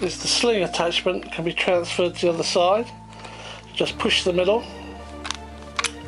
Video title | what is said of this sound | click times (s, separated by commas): APS CAC Glock to Carbine Conversion Kit (Airsoft) | it pops off. | 5.8 s